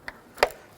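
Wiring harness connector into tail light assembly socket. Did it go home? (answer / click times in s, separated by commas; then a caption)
yes / 0.4 s. On a 2006–2013 Chevrolet Impala, the wiring harness plug is lined up with the socket on the back of the tail light assembly and pressed in. A faint tick at 0.1 s and a soft rise of contact noise come first, then a single sharp click at 0.4 s. The connector latches and is seated.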